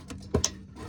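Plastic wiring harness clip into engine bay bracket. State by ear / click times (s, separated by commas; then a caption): seated / 0.4 s. A plastic wiring harness clip on a Honda Element's replaced VTEC wire is pushed onto a metal bracket in the engine bay, with its press-to-release tab facing outward. A few soft taps and a dull thump at 0.35 s lead into a sharp snap at 0.5 s as the clip seats on the bracket.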